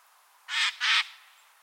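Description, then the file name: Eurasian jay giving two harsh, rasping screeches in quick succession, each short and broad-toned, then quiet. "Garrulus glandarius"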